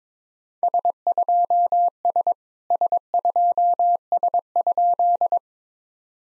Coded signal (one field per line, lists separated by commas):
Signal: Morse code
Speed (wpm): 22 wpm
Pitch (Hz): 700 Hz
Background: none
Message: S2S S2S?